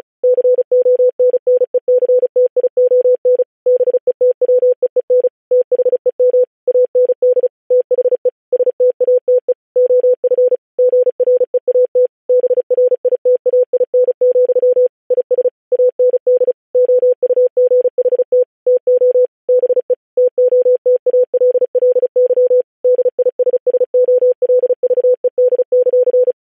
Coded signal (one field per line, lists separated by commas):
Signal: Morse code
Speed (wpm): 36 wpm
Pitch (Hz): 500 Hz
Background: none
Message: CONNECTION BETWEEN THEM AND THE STATE OF GREAT BRITAIN, IS AND OUGHT TO BE TOTALLY DISSOLVED;